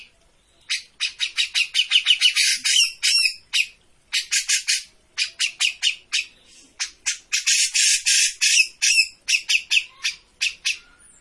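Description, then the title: Grey-cheeked bulbul song in broken bursts of quick, rough, squawking notes with brief gaps between them. Bird-training master (masteran) of a cucak jenggot singing continuously (gacor). "Cucak Jenggot Gacor. Masteran burung cucak jenggot ! Suaka burung"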